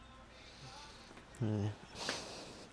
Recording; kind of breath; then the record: one breath in and out by a microphone near the nose and mouth; deep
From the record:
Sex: male